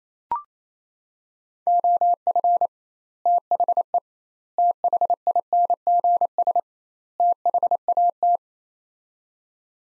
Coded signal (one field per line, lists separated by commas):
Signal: Morse code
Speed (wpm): 28 wpm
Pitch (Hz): 700 Hz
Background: none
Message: OF THE THINGS THAT